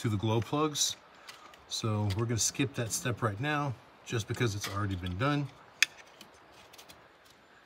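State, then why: Seated. A glow plug harness connector is pushed back onto a glow plug while the glow plug controller circuit is reassembled. Someone talks first, then one sharp tick at 5.8 s marks the connector clicking into place, followed by a few faint ticks. The connector is seated.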